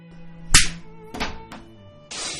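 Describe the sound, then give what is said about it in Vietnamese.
A large hand slaps a woman's face: one loud, sharp slap cracks out, followed by a couple of softer smacking thuds and then a steady rush of hissing noise. No one speaks. “Một tiếng kêu do bàn tay to như hộ pháp của đạo cục vừa tát một cái như trời giáng vào khuôn mặt xinh đẹp”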